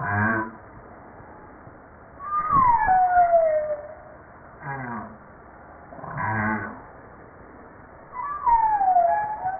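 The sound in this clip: Humpback whale calls: downward-sweeping whistled cries alternate with short pulsed, throbbing bursts, the sliding cry returning at the end.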